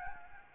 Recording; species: mosquito wingbeat signal from an infrared sensor; Anopheles gambiae